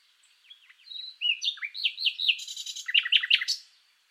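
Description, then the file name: Common nightingale song: a quiet opening of thin notes, then loud varied whistles, buzzy phrases and a rapid repeated chirping series. "Luscinia megarhynchos"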